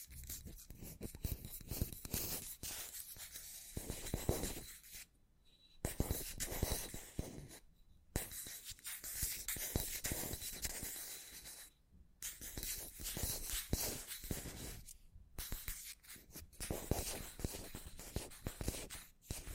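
Scratchy tapping on matte objects, with dense, rapid scratching and tapping running almost continuously. Brief silent gaps fall near 5, 8, 12 and 15 seconds, after which the busy, bright, crackly texture resumes, with occasional sharper taps standing out.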